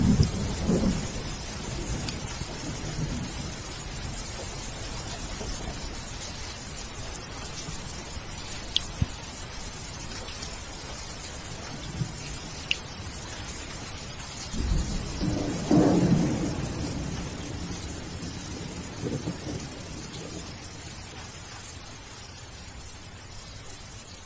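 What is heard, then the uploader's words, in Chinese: Steady rain falls in a courtyard with a dense hiss, low rumbles near the start and around fifteen seconds, and a few sharp drips. 庭院下雨。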